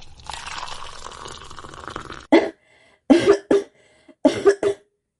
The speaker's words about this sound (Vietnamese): Vệ Liễm bị quấy nhiễu như vậy, không tiếp tục diễn được nữa, lập tức giả vờ tỉnh lại ho khan. Nếu y có bất tỉnh thật, thì cũng phải tỉnh lại. Tần Vương đút canh gừng vô cùng thô bạo, rõ ràng là muốn làm y chết sặc mà.